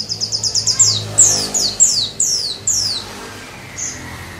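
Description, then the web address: White-eye song opening with a quick run of short high chips, then several loud downslurred whistles and one brief final note, with faint background hum. White-eye song filled with canary-style phrases (isian kenari), used as a master recording for training birds. "audio pleci-isian-kenari. masteran pleci"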